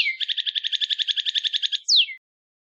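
Northern cardinal singing a rapid series of many short repeated notes, ending in one clear down-slurred whistle.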